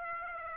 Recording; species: mosquito wingbeat signal from an infrared sensor; Aedes aegypti